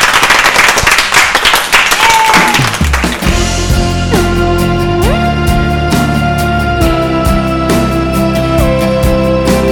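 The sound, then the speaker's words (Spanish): A small group of studio guests claps and applauds themselves together for about three seconds, a dense patter of hand claps that gives way to a steady musical piece with a sustained tone and soft rhythmic hits. “Pues entonces lo que vamos a hacer es darnos un aplauso por lo bien que lo hemos hecho.”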